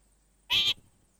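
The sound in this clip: Orange-fronted parakeet uttering a single short, harsh, nasal note against a quiet background.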